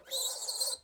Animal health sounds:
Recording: pig call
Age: piglet (1 to 25 days)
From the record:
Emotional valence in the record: negative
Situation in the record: restrain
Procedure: back test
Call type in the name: high-frequency call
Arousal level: maximum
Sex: male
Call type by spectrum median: high-frequency call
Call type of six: high-frequency stable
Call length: 0.84 s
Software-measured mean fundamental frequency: 520 Hz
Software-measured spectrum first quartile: 3829 Hz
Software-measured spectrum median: 5911 Hz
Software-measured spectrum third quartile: 8490 Hz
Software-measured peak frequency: 4163 Hz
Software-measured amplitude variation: 196 dB a second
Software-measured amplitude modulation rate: 14.3 a second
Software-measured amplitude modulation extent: 13.6 dB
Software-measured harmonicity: 5.8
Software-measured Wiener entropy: -2.72

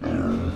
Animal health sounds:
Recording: pig call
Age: growing-finishing pig (85 days or more)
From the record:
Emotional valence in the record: negative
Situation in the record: barren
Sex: male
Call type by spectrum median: low-frequency call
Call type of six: low-frequency modulated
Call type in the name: low-frequency modulated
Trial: 2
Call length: 0.57 s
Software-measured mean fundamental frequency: 45 Hz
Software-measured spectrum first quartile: 169 Hz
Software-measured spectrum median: 276 Hz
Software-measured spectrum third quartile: 541 Hz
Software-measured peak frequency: 265 Hz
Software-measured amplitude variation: 134 dB a second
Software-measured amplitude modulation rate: 29.1 a second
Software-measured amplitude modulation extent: 4.6 dB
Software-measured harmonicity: 0.9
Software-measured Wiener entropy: -0.76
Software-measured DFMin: 1103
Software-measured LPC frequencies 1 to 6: 1364, 2499, 3612, 4580, 5647, 6541 Hz

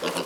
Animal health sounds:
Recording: pig call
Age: piglet (1 to 25 days)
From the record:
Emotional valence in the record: positive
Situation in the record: huddling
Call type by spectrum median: low-frequency call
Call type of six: low-frequency tonal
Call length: 0.25 s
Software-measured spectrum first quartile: 556 Hz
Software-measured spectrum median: 1366 Hz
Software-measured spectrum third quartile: 3868 Hz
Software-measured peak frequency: 471 Hz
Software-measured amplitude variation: 110 dB a second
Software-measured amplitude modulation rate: 13.9 a second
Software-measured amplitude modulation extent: 7.9 dB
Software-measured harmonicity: 0.4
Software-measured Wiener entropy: -1.56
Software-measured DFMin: 789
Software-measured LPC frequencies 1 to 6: 548, 1194, 1926, 2819, 4097, 4716 Hz

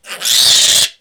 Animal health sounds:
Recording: pig call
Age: piglet (1 to 25 days)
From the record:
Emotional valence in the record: negative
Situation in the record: restrain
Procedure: back test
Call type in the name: high-frequency call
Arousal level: maximum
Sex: female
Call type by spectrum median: high-frequency call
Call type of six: high-frequency modulated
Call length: 1.01 s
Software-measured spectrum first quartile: 3712 Hz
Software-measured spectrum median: 4964 Hz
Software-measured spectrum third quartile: 7354 Hz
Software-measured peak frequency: 3550 Hz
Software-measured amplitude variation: 152 dB a second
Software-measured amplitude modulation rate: 17.3 a second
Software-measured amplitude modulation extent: 8.8 dB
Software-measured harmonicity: 0.2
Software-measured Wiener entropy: -1.59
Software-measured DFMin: 1454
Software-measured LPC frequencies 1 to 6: 901, 1832, 3521, 6158, 6976, 8331 Hz

